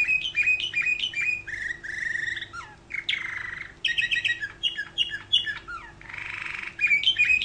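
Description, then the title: Canary song: a fast, varied run of chirps, short trills and buzzy rasping phrases, broken by brief pauses and running on for about seven seconds. "Kenari"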